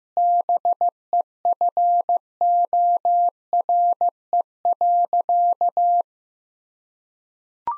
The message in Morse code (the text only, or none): BEFORE.